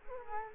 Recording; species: mosquito wingbeat signal from an infrared sensor; Culex quinquefasciatus